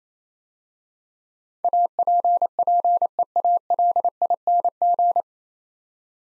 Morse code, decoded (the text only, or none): APPEALING